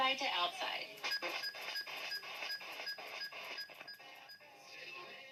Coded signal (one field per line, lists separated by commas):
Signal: none